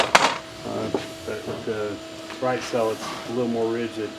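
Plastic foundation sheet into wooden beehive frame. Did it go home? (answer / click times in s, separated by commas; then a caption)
yes / 0.0 s, 0.1 s. A plastic beehive foundation sheet, less rigid so it is easier to snap into place, is pushed into the groove of a wooden beehive frame, giving two sharp snaps at 0.0 s and 0.2 s as it seats. Someone then talks.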